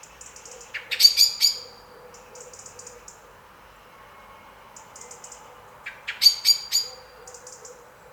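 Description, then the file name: Common blackbird calls, two sharp bursts of rapid clicking chinks about five seconds apart, with faint high thin notes scattered between them. "Turdus merula"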